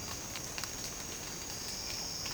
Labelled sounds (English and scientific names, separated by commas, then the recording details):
none
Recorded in secondary vegetation near Puerto Asís, Putumayo, Colombia, on 12 March 2025 at 07:30
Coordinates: 0.485, -76.322
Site G040